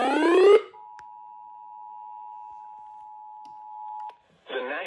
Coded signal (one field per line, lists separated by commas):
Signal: Emergency Alert System (SAME) tones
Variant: 853 and 960 Hz attention tone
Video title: HELENE MAKES HISTORY.. EAS Alerts from 9/26/24 to 9/27/24 (EAS #979-#1,010)